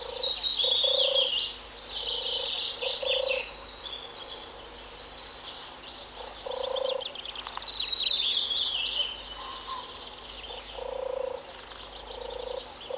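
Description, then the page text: European turtle dove purring in deep rolling phrases at irregular intervals, accompanied throughout by bright, chattering songbirds singing high above. Cooing turtle dove. "European Turtle Dove (Streptopelia turtur). Koerende zomertortel"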